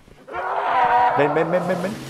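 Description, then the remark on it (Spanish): A goat bleats in one long, quavering call lasting about two seconds, its wavering tone fairly loud and steady before dropping lower toward the end. “Me ha parecido escuchar una cabra.”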